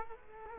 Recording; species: mosquito wingbeat signal from an infrared sensor; Culex quinquefasciatus